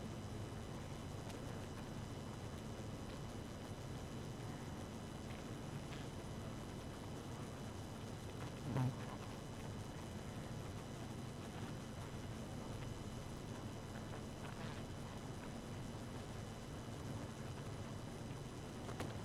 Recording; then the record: honeybee colony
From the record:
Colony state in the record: active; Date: 12 June 2018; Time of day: 1:55